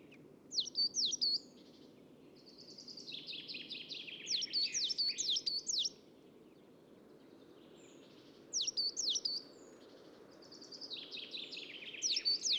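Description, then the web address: Coal tit singing short bursts of quick, high see-sawing notes, separated by pauses filled with another bird's softer rambling twitter. Recorded at Assistens. "assistens Sortmejs"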